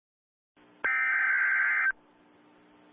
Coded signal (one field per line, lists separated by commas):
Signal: Emergency Alert System (SAME) tones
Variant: header bursts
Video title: Possessed eas alert